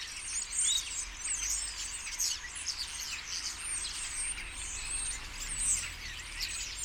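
Common starlings calling as a flock, many overlapping high whistles, squeaks and chatter.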